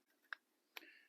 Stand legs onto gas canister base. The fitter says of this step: can be a bit tricky to get them on but make sure that they click into place so it's nice and secure